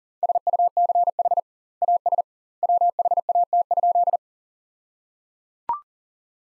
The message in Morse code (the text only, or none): SUCH AS WHAT?